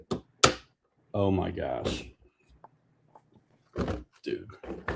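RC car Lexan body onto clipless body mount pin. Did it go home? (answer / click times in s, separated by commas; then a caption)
yes / 0.4 s. An RC car's Lexan body is pressed down onto a clipless body mount pin and seats with a sharp, loud click at 0.4 s. Someone talks right after the click.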